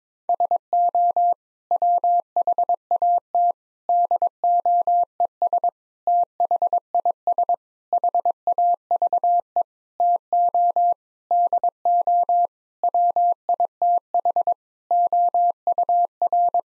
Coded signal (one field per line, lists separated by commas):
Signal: Morse code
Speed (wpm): 22 wpm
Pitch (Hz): 700 Hz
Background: none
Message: SO WHAT DOES THIS HAVE TO DO WITH OUR